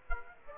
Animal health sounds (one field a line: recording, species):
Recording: mosquito wingbeat signal from an infrared sensor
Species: Aedes aegypti